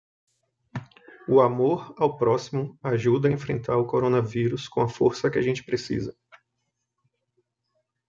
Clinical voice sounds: spoken sentence; Brazilian Portuguese; male; 30 to 39 years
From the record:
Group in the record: control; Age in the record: 36 years

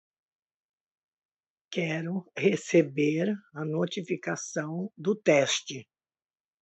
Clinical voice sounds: short text; Brazilian Portuguese; female; 70 to 79 years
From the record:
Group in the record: control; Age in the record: 72 years

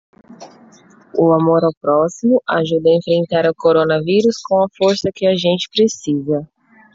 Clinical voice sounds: spoken sentence; Brazilian Portuguese; female; 30 to 39 years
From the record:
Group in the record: control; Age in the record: 35 years

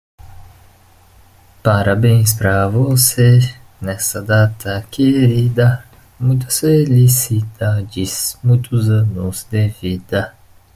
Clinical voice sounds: short text; Brazilian Portuguese; male; 20 to 29 years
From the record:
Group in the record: control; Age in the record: 20 years

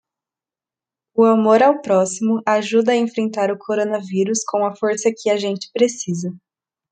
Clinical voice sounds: spoken sentence; Brazilian Portuguese; female; 20 to 29 years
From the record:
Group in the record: control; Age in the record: 21 years

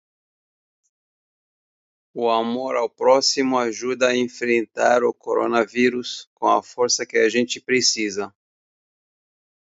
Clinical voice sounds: spoken sentence; Brazilian Portuguese; male; 50 to 59 years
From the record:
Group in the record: control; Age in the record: 50 years

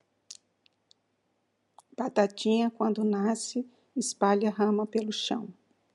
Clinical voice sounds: short text; Brazilian Portuguese; female; 60 to 69 years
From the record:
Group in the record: control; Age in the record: 60 years

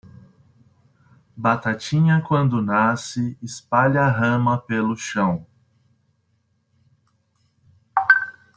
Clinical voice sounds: short text; Brazilian Portuguese; male; 30 to 39 years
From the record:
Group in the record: control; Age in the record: 36 years

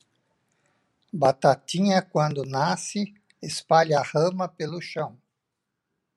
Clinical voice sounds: short text; Brazilian Portuguese; male; 60 to 69 years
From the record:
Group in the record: control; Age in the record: 68 years

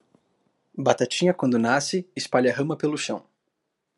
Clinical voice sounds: short text; Brazilian Portuguese; male; 20 to 29 years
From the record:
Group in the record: control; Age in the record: 20 years

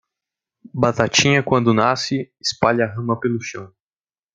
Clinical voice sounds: short text; Brazilian Portuguese; male; 18 to 19 years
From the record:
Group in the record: control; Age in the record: 19 years

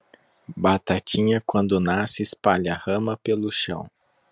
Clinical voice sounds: short text; Brazilian Portuguese; male; 30 to 39 years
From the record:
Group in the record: control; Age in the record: 35 years

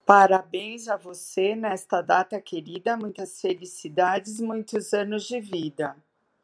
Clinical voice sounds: short text; Brazilian Portuguese; female; 50 to 59 years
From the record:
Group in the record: control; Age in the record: 59 years

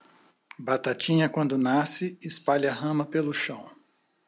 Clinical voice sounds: short text; Brazilian Portuguese; male; 60 to 69 years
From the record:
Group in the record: control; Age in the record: 63 years

